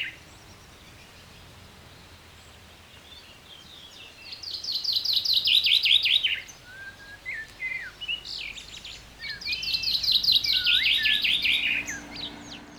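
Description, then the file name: Common chaffinch singing two phrases about five seconds apart, each a quick descending trill, with short whistled notes between them. "Fringilla coelebs"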